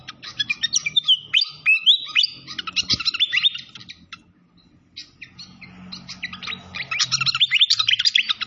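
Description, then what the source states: Malaysian pied fantail singing with slurred whistles and fast chirps, pausing briefly, then building again into dense chattering, with a low hum beneath. Masteran (training recording) of a clear-voiced fantail, mixed with the sound of flowing water.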